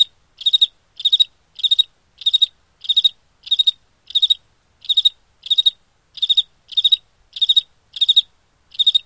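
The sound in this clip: Cricket producing a steady series of high pulsed chirps in an otherwise quiet recording.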